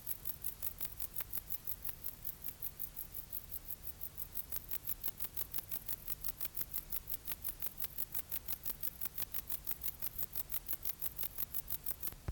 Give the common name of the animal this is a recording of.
Bog Bush-cricket